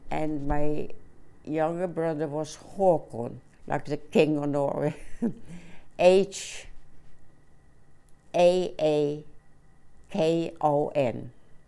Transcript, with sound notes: And my younger brother was Haakon, like the king of Norway, (she laughs) H-A-A-K-O-N.